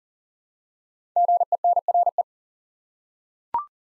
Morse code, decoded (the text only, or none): GENRE